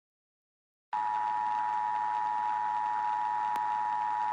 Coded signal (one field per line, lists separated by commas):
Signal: Emergency Alert System (SAME) tones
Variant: 853 and 960 Hz attention tone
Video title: EAS Scenario - The Ultimate Hurricane: REMASTERED